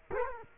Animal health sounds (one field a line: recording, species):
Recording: mosquito wingbeat signal from an infrared sensor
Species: Culex quinquefasciatus